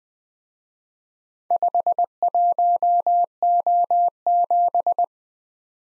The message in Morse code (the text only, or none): 51O7